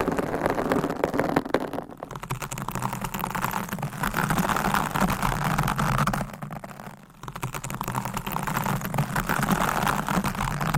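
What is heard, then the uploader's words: Long nails scratch rapidly and closely across microphones, making a dense, rough crackle that fills the sound from low rumble to bright hiss. The scratching runs almost continuously, easing briefly around two seconds and dipping to a near pause just before seven seconds. ASMR Mic Scratching - Brain Scratching with 20 MICS! No Talking for Sleep with Long Nails.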